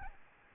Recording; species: mosquito wingbeat signal from an infrared sensor; Aedes albopictus